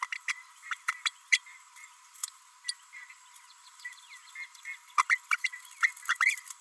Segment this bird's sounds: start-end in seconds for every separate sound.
0.02-0.07, 0.12-0.15, 0.70-0.75, 1.05-1.11, 1.32-1.39, 2.68-2.71, 4.97-5.02, 5.09-5.18, 5.30-5.37, 5.44-5.50, 5.82-5.92, 6.20-6.36